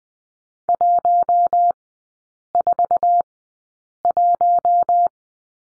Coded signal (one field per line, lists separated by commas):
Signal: Morse code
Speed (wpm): 20 wpm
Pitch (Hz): 700 Hz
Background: none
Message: 141